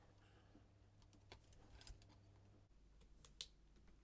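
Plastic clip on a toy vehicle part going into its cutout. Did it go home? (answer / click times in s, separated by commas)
yes / 3.4 s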